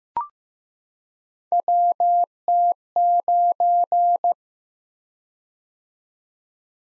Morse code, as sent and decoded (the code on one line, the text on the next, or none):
.-- - ----.
WT9